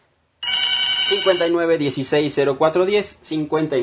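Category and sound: signal or alarm, telephone ringing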